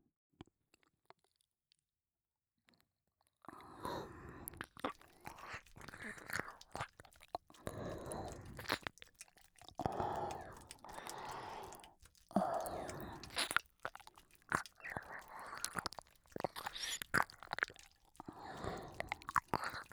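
Wet ear-licking mouth sounds after a few seconds of silence: a steady run of smacking, slurping and clicking noises, moderately loud, with no talking.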